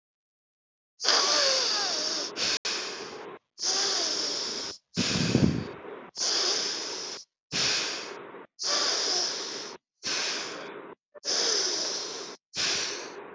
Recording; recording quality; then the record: shallow breathing; excellent, no background noise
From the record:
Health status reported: healthy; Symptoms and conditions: hypertension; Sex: female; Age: 36 years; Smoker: not ticked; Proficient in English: yes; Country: India